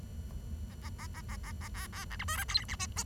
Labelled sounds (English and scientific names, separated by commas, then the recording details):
Bengalese Finch (Lonchura striata domestica) song
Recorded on 23 June 2012 at 09:14
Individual gr41rd51